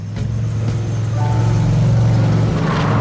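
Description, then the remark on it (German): A small engine hums steadily at low speed, a constant low drone with a faint rhythmic chug, holding even loudness throughout as Tracker from Paw Patrol drives slowly across a gorge. “Ja, Tracker, schön langsam fahren, so ist es gut.”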